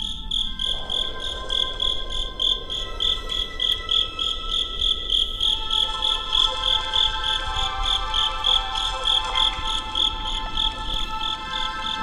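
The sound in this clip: Insect trilling in continuous fast shrill pulses. A low rumble and a steady droning hum sound beneath it.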